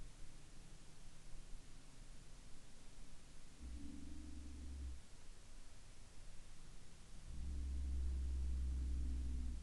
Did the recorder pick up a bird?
no